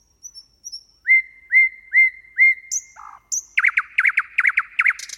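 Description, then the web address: Bird song: high thin whistles, then four clear upslurred whistled notes about half a second apart, a brief low buzz, and a fast rattling chatter of repeated notes. "fugl"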